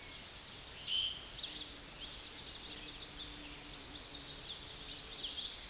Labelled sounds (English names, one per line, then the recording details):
Eastern Towhee song
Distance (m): 15 m
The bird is about 5 m above the microphone
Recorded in a Pennsylvania forest on 16 May 2024 at 09:07
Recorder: AudioMoth, point MSD-2453
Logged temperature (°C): 16.3 °C
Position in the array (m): 203 m, 176 m